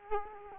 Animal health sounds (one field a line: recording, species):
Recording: mosquito wingbeat signal from an infrared sensor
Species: Culex quinquefasciatus